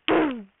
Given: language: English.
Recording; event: throat vibration sensor signal played as sound; throat clearing